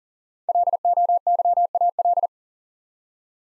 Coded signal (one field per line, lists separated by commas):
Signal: Morse code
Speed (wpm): 40 wpm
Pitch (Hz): 700 Hz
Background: none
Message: LOYAL